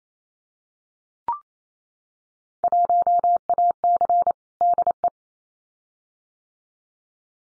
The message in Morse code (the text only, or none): 1AC DE